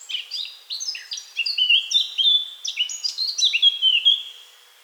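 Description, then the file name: Eurasian blackcap song, a rich run of varied warbled notes sliding into clear, ringing whistled phrases. "Sylvia atricapilla"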